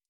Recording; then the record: hydrophone in a shrimp aquaculture tank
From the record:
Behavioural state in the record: stressed